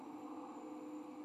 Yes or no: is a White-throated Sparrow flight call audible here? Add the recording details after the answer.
no. No flight call is heard. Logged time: 23:41 on 14 November 2014